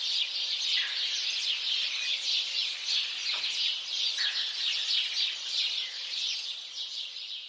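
House sparrow chirping flock, continuous busy twittering with a few lower notes breaking through.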